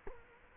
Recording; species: mosquito wingbeat signal from an infrared sensor; Culex quinquefasciatus